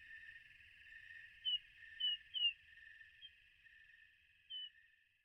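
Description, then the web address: Hermit Thrush with a quick series of brief, high descending call notes, then a pause and two more, against a constant high background drone. A flock of Hermit Thrushes, a common western species of North America. "Songs of Birds of North America Know Your Bird Sounds Common Western Species 32 e-Hermit Thrush Flock"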